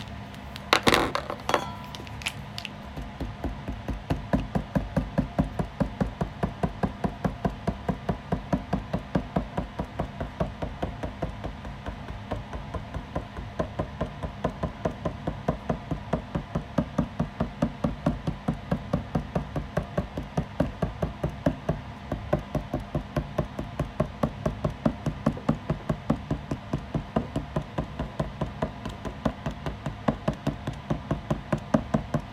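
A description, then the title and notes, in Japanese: Drawing, heard as a fast, steady run of small tapping clicks that continues for the whole stretch with little change in pace or loudness. Near the start, around one to two seconds in, a few sharper, brighter knocks stand out. A low hum sits underneath. お絵描き。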